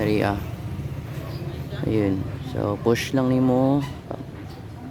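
An alloy radiator cover clip on a 2024 Raider 150 Fi motorcycle is being pushed onto its radiator mount while someone talks over a low steady hum, with a brief sharp tap near 4.1 s. Nothing has seated or clicked yet; the cover is still being handled and is not home.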